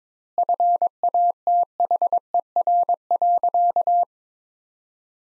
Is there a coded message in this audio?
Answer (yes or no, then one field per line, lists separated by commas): yes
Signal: Morse code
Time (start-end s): 0.4-4.0 s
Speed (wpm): 22 wpm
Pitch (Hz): 700 Hz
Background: none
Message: FATHER.